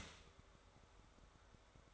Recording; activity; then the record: daily activity, microphone in the room; start toaster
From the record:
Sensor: 3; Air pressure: 1014.7 hPa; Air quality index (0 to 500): 199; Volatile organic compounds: 25 ppm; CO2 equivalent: 2844 ppm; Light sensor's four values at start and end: 4/10/4/4 and 4/10/4/4